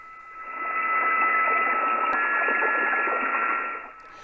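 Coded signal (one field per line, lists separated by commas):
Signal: PSK31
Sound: radio hiss with a couple of faint steady warbling tones that change pitch halfway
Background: radio static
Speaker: okay now we're back to real time he sends me a comment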